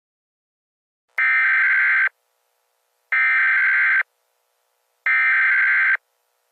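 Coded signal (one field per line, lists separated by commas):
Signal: Emergency Alert System (SAME) tones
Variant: header bursts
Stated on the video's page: Fictional tornado scenario, simulated alert.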